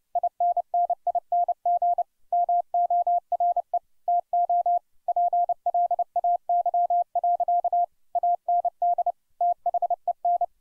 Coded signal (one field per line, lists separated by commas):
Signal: Morse code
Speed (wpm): 30 wpm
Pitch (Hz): 700 Hz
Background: none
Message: INNING MORE TO PLAY. AND THEN